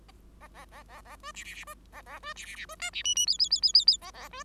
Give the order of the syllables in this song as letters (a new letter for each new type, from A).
A A A A A B C C C B A A B C C C B D C E E F F F F F F A A B